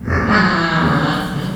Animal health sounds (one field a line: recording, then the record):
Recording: squeal of a Yucatan mini pig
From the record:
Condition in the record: after surgery on the right vocal fold (resection and tissue-engineered implant)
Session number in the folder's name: 15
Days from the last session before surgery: 175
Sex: female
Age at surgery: 19 weeks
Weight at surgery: 25 kg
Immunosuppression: prednisolone